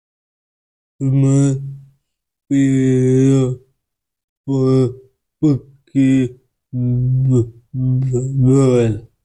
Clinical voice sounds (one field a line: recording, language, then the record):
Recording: elicited speech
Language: Bengali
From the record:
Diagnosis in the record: Broca's or global aphasia after a stroke